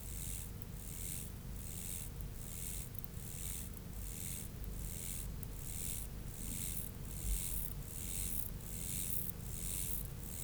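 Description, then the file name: Mottled grasshopper song as a steady run of dry hissing buzzes broken by brief gaps, with low background hum. "Myrmeleotettix maculatus"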